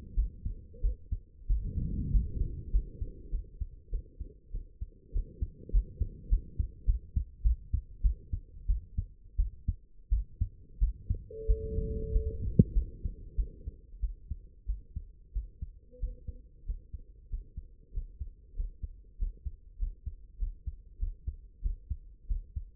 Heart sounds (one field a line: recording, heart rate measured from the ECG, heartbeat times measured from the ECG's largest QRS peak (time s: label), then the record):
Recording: heart sounds by stethoscope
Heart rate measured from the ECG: 95 bpm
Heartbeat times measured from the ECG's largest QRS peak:
0.15 s: heartbeat
0.82 s: heartbeat
1.47 s: heartbeat
2.11 s: heartbeat
2.71 s: heartbeat
3.31 s: heartbeat
3.91 s: heartbeat
4.52 s: heartbeat
5.13 s: heartbeat
5.71 s: heartbeat
6.29 s: heartbeat
6.85 s: heartbeat
7.43 s: heartbeat
8.02 s: heartbeat
8.67 s: heartbeat
9.37 s: heartbeat
10.10 s: heartbeat
10.79 s: heartbeat
11.47 s: heartbeat
12.12 s: heartbeat
12.74 s: heartbeat
13.36 s: heartbeat
14.01 s: heartbeat
14.67 s: heartbeat
15.34 s: heartbeat
16.00 s: heartbeat
16.66 s: heartbeat
17.30 s: heartbeat
17.93 s: heartbeat
18.56 s: heartbeat
19.18 s: heartbeat
19.79 s: heartbeat
20.39 s: heartbeat
20.99 s: heartbeat
21.62 s: heartbeat
22.28 s: heartbeat
From the record:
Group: healthy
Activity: rest 0-16 s, Valsalva maneuver 16-23 s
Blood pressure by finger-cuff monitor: 99/65 mmHg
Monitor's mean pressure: 79 mmHg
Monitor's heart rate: 94 bpm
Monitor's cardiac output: 8.1 L/min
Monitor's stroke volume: 86 mL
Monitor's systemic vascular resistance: 700 dyn s/cm5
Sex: female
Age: 22 years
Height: 161 cm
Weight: 65.5 kg